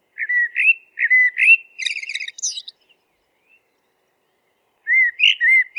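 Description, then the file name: Eurasian blackbird song, fluted notes, then a squeaky twittered ending, a pause, and the fluting begins again. "merel zang"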